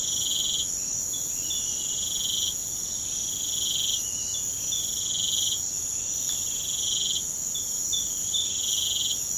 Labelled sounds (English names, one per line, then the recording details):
none
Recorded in pastures near Puerto Asís, Putumayo, Colombia, on 29 June 2025 at 05:00
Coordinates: 0.472, -76.331
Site G095